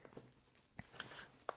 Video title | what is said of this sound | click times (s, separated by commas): Maxpedition Daily Essentials DEP Pouch Overview | until it snaps in there. And now you're attached. | 1.5 s